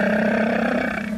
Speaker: on a un nouveau son cette année qu'on n'entendait pas l'année dernière, qui est un son qui ressemble à celui d'une petite mobilette.